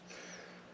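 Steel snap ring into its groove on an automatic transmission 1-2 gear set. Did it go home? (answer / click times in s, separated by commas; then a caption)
no / none. A spread steel snap ring is handled with snap ring pliers as it is brought toward its groove on the 1-2 gear set of a 47/48RE automatic transmission. Only a steady low hum and soft broadband noise are heard, with no sharp sounds. Nothing has seated or clicked yet.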